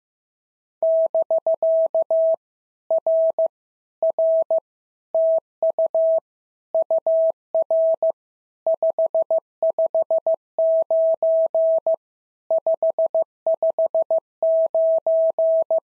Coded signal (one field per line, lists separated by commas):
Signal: Morse code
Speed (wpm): 15 wpm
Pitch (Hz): 650 Hz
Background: none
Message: <BK> R R TU UR 559 559